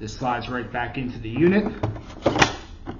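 Someone talks while the rechargeable battery pack is slid back into its bay in the plastic housing of an O2 Concepts OxLife Liberty portable oxygen concentrator, with sliding, scraping handling sounds and a couple of sharp knocks near the end. The clip ends just before the battery goes home, so nothing has clicked into place yet.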